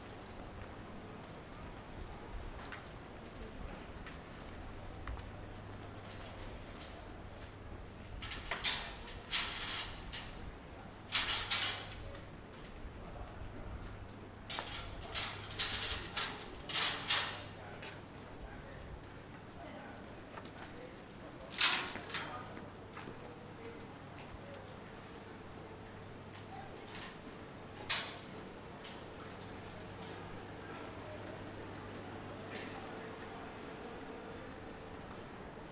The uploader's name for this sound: Walking Around Willemstad Curacao